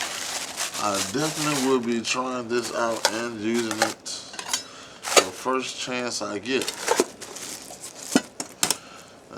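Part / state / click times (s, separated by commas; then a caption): cookware part into nesting mess kit / seated / 8.6 s. Someone talks while handling a nesting camp cookware mess kit, with light metallic clinks around 4.4–4.5 s. A piece of the kit, likely metal, is pressed together with a few small clacks, and it snaps into place with a sharp click at 8.6 s, fully seated.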